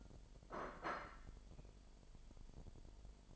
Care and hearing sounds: daily activity, microphone in the room; place plate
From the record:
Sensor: 5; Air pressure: 1002.1 hPa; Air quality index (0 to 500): 225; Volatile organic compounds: 28 ppm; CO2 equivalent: 2922 ppm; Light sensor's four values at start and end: 10/24/10/11 and 10/24/10/11

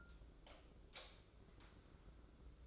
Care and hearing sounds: daily activity, microphone in the room; light off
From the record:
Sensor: 3

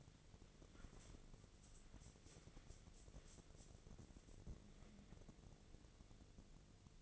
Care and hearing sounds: daily activity, microphone in the room; wipe stove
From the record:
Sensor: 4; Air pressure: 1001.2 hPa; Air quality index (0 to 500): 186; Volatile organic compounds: 3 ppm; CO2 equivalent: 1331 ppm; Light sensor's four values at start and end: 13/30/12/13 and 13/30/12/13

